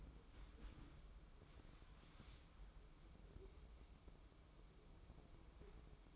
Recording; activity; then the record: daily activity, microphone in the room; wipe stove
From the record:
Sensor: 1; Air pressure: 996.1 hPa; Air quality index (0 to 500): 72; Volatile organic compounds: 3 ppm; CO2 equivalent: 1503 ppm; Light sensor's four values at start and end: 27/100/38/38 and 27/100/38/39